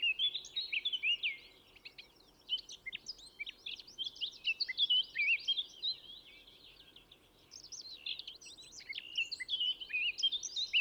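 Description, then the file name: Eurasian blackcap giving two bouts of hurried, scratchy warbling with some clearer whistled notes, separated by a quieter stretch, over a steady low hiss. "Sylvia atricapilla"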